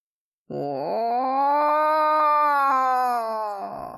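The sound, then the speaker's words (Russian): A single long, low howl rises from a growl-like start, holds steady for about three seconds with a rich, harmonic tone, then fades away. It sounds eerie, sustained and alone, with no talking. “Откликнулся чей-то вой, низкий, леденящий душу.”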